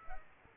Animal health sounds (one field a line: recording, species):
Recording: mosquito wingbeat signal from an infrared sensor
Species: Aedes aegypti